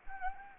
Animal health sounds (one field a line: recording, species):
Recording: mosquito wingbeat signal from an infrared sensor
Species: Anopheles gambiae